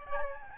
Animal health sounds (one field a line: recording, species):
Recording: mosquito wingbeat signal from an infrared sensor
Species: Aedes albopictus